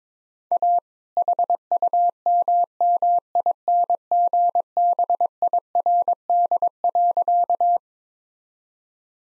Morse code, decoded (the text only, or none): A HUMMINGBIRD.